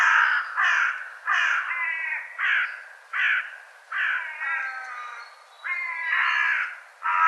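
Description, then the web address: Bird uttering a string of hoarse, cawing notes, some longer and more nasal, in quick succession. "cianscape birddata"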